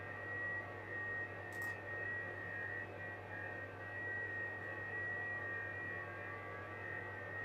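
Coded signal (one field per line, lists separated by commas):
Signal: FT8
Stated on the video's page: FT8 on HF during a solar storm with challenging conditions.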